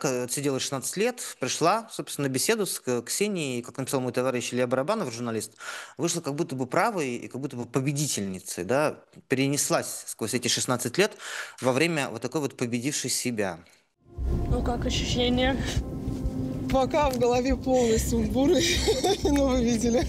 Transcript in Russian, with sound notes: Она отсидела 16 лет, пришла, собственно, на беседу с Ксенией и, как написал мой товарищ Илья Барабанов, журналист, вышла как будто бы правой и как будто бы победительницей — перенеслась сквозь эти 16 лет во время вот такой вот победившей себя.
(фрагмент интервью) Ну как ощущения?
Пока в голове полный сумбур — ну вы видели.